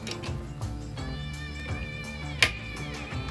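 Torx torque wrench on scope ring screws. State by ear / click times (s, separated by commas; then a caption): torque reached / 2.4 s. A preset Torx torque driver set to 15 inch-pounds is twisted on a scope ring screw over steady background music, and it gives a single sharp click at 2.4 s. The click means the screw has reached its torque setting and is torqued to spec, as tight as it can be without breaking or stripping the threads.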